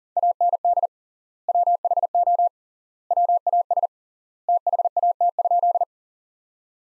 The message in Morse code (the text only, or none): AND WHO WAS THAT?